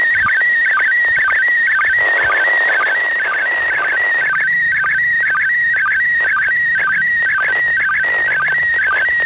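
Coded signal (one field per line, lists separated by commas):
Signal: SSTV (slow-scan television)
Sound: warbling tone around 2 kHz with short regular low sync blips, over hiss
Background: radio static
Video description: รับสัญญานเสียงในระบบ SSTV เพื่อถอดรหัสเป็นภาพจากสถานีอวกาศ RS0ISS ด้วยวิทยุ นิดมือถือ รุ่น PILOT 144H สายอากาศ 10 ท่อน ความถี่ 145.8000 MHz. และถอดสัญญานภาพ ด้วยโปรแกรม Robot36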